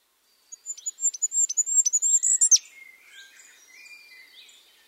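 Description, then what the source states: Goldcrest: one very high, thin song of quickly repeated notes rising to a short flourish, followed by faint, lower chirping. Normal song.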